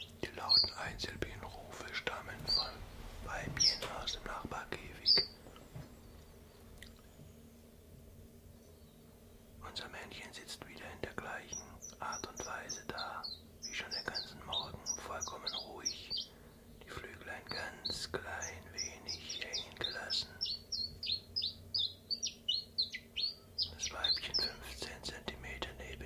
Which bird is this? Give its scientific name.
Phylloscopus collybita